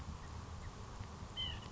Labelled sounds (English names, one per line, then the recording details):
White-breasted Nuthatch
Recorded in Sonoma County, California